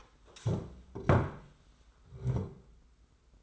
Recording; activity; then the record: daily activity, microphone in the room; stand up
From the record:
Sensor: 3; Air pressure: 991.6 hPa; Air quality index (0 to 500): 169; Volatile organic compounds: 1000 ppm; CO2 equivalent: 5580 ppm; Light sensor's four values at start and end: 37/104/42/36 and 35/100/41/35